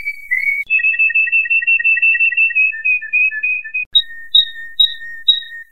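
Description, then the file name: Canary singing a steady rolling trill of whistled notes that slowly drops in pitch, then switches to spaced sharper paired notes. "kenari"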